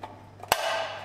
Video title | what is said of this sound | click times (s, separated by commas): SWARCO Futura Mini Traffic Light - How it works! | snap it you hear the click and also here have to take here a little bit then | 0.5 s